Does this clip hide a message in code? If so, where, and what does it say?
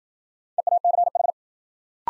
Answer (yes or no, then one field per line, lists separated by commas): yes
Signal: Morse code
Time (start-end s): 0.6-1.3 s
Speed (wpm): 53 wpm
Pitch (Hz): 700 Hz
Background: none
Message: EACH